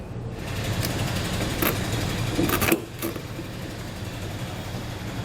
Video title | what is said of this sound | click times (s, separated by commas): DeeZee Tailgate Assist Custom Tailgate-Lowering System Installation - 2019 Ford F-450 Super Duty | You just get it placed right and just give it a nice push, and it should snap right in. | 2.7 s